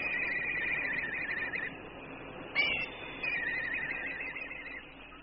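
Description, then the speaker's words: Yellow-billed kite giving high, quavering whinnying screams, one long trill for the first second and a half and another after a short gap, over a steady low hiss. Screams while wheeling and gliding above a lion kill, waiting to swoop down and snatch a titbit; blue sky. "As the bones are crunched, a yellow-billed kite screams into the blue sky above"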